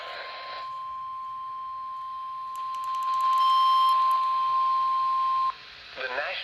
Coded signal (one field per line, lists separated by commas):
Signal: Emergency Alert System (SAME) tones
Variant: 1050 Hz attention tone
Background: speech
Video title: EAS #79 Severe Thunderstorm Warning On NWR